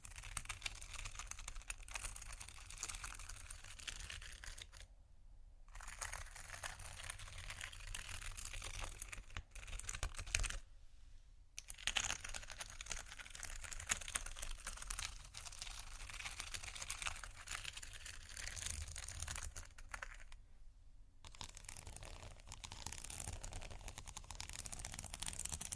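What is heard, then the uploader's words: Soft, slow scratching runs through the clip as a dense, rustling texture of tiny clicks and crinkles, with a low steady rumble beneath. Brief near-silent breaks fall around 5, 11 and 20 seconds before the scratching resumes. Slow, Deep & Soft Scratching (No Talking).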